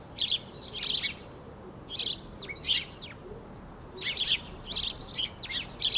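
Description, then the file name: House sparrow giving frequent loud, harsh chirps in irregular bursts, several close together, over a constant low background noise. "Passer domesticus"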